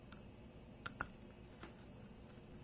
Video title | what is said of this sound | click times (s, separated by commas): Extended run gas tank for a Honda Generator Over View | You hear a little snap there. Snaps in. | 0.9 s, 1.0 s